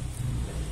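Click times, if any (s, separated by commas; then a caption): 0.2 s. A mechanic tightens the neighbouring 13 mm valve cover bolt in the cylinder head thread of an EA111 engine. Over a low steady hum, a short dull sound comes at 0.2 s as the thread in the aluminium housing gives way instead of tightening. The bolt has stripped its thread.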